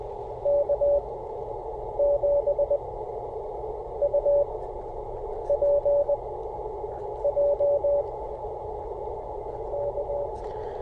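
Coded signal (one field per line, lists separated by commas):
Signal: Morse code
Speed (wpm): 20 wpm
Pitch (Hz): 570 Hz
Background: radio noise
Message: K7UPJ K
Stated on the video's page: Portable CW during a park activation with a Bamatech key adjusted too tight, causing key failure; slow DX contact in adverse conditions.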